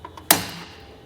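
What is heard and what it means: A release button is pressed on a Kuat Piston Pro X hitch bike rack, set up for two bikes on a 2022 Nissan Frontier, letting its piston wheel-hold arms disengage from a bike tire. Two faint ticks at 0.1 s and 0.2 s lead into one sharp, bright mechanical clack at 0.3 s that rings down over the rest of the clip. The arms are released from the tire.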